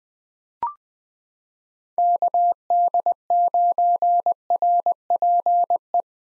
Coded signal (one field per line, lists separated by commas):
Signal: Morse code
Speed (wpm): 20 wpm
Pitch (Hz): 700 Hz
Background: none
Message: KD9RPE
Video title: 2023 POTA Hunter Call Signs - 20wpm